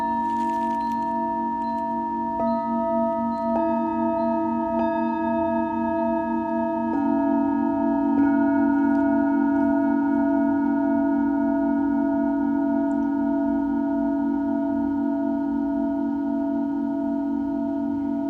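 Singing bowls ring in sustained, layered tones, with new strikes near 2, 3.5, 5, 7 and 8 seconds adding shimmering overtones over a steady hum.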